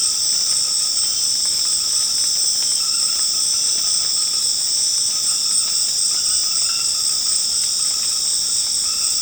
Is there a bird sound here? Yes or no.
no